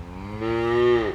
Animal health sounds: contact call of a hoofed animal; cattle; low-frequency (closed-mouth) or high-frequency (open-mouth) call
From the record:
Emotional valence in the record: negative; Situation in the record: full separation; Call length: 1.15 s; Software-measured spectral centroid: 1440 Hz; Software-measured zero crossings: 1110 a second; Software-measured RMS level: -23 dBFS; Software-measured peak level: -9 dBFS

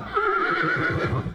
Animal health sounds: contact call of a hoofed animal; horse; whinny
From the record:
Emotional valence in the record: negative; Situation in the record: separation from one group member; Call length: 1.35 s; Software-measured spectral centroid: 1450 Hz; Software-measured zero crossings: 2070 a second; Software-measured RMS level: -24 dBFS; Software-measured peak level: -11 dBFS

